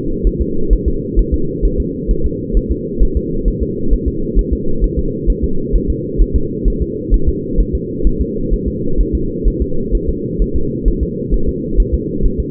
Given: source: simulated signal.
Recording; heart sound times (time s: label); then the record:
fetal heart sounds
0.27 s: S1
0.41 s: S2
0.73 s: S1
0.88 s: S2
1.19 s: S1
1.34 s: S2
1.65 s: S1
1.80 s: S2
2.11 s: S1
2.26 s: S2
2.57 s: S1
2.71 s: S2
3.03 s: S1
3.17 s: S2
3.48 s: S1
3.63 s: S2
3.93 s: S1
4.08 s: S2
4.39 s: S1
4.53 s: S2
4.84 s: S1
4.99 s: S2
5.30 s: S1
5.44 s: S2
5.76 s: S1
5.90 s: S2
6.22 s: S1
6.36 s: S2
6.68 s: S1
6.82 s: S2
7.14 s: S1
7.29 s: S2
7.60 s: S1
7.75 s: S2
8.07 s: S1
8.21 s: S2
8.54 s: S1
8.68 s: S2
9.01 s: S1
9.15 s: S2
9.48 s: S1
9.62 s: S2
9.95 s: S1
10.09 s: S2
10.42 s: S1
10.56 s: S2
10.88 s: S1
11.03 s: S2
11.34 s: S1
11.49 s: S2
11.80 s: S1
11.94 s: S2
12.26 s: S1
12.40 s: S2
From the record:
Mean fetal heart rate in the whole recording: 130 bpm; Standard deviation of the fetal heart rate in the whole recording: 2 bpm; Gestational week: 36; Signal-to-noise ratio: -8.1 dB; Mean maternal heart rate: 72 bpm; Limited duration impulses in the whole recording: absent